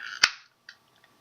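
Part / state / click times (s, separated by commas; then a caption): plastic part of a transforming robot toy going into the body / seated / 0.2 s. A plastic head piece on a bootleg transforming robot toy is forced into the body until it clicks into place at 0.2 s, a sharp, bright snap that rings briefly. A softer click follows at 0.7 s, then faint ticks near 1.0 s. The head is seated, and the click comes from all the individual pieces inside.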